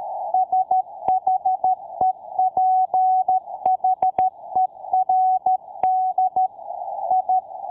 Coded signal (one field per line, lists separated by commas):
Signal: Morse code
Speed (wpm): 13 wpm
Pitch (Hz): 750 Hz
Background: none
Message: SHEPHERD I